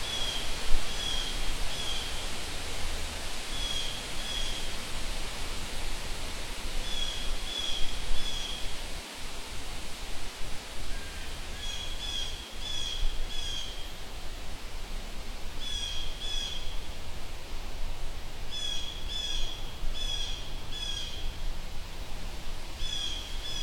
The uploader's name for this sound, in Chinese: 丛林里的流水和鸟叫_加拿大魁北克